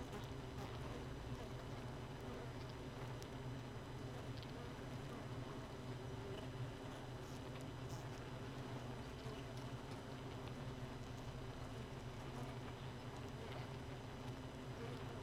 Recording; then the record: honeybee colony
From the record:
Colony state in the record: missing queen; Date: 31 May 2018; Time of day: 4:17